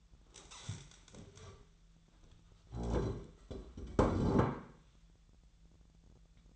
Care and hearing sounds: daily activity, microphone in the room; stand up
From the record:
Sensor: 3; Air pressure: 1001.8 hPa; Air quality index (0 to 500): 248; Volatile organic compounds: 129 ppm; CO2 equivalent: 3924 ppm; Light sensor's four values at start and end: 9/22/9/10 and 9/20/8/9

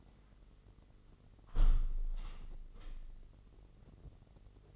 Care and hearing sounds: daily activity, microphone in the room; close window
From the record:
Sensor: 4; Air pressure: 996.5 hPa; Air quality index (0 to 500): 74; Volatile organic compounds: 3 ppm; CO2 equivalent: 1380 ppm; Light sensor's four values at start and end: 20/54/21/23 and 19/53/20/22

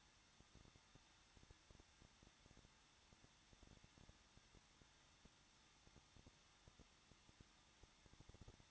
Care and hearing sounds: daily activity, microphone in the room; no activity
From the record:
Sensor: 3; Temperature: 21.2 degrees Celsius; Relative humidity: 36.4%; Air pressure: 1006.4 hPa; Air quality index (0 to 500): 223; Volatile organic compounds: 43 ppm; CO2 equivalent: 3196 ppm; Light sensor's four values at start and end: 2/3/2/2 and 2/3/2/2

